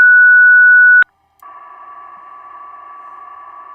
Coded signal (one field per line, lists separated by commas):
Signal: PSK31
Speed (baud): 31.25 baud